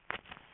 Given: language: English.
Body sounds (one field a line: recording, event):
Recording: throat vibration sensor signal played as sound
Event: swallow